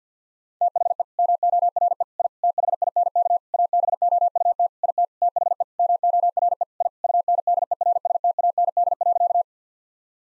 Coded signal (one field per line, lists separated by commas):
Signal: Morse code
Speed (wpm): 48 wpm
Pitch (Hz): 700 Hz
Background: none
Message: THE MORE I THINK ABOUT IT THE MORE I UNDERSTAND.